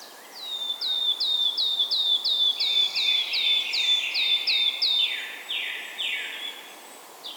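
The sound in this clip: Wood warbler song: a series of high, sharp repeated notes, then a few lower descending slurred notes, over steady background hiss.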